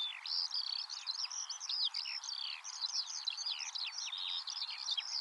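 Eurasian skylark, a continuous high rippling warble of fast, overlapping chirps and slurs.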